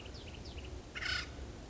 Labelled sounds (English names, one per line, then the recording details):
Acorn Woodpecker
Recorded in Sonoma County, California